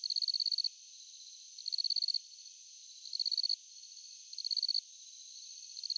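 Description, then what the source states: Cricket giving short, high pulsed chirp trains about every one and a half seconds, each made of rapid clicks, over a quiet hiss. At night.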